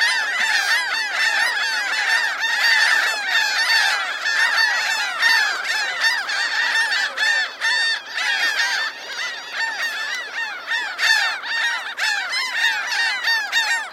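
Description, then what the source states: Gulls calling in a large flock, a dense, continuous chorus of overlapping harsh, downward-slurred cries with many birds calling at once throughout. Large flock of seagulls calling at the ocean.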